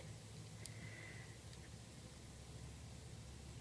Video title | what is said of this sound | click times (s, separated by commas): Rainbow Loom Loomigurumi Tiny Tot Joseph made w/ Rainbow Loom Bands | let's see if I can make this one click | 0.7 s